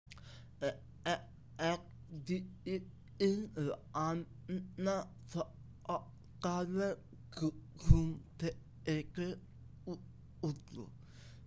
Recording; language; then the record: elicited speech; Bengali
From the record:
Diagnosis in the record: Broca's or global aphasia after a stroke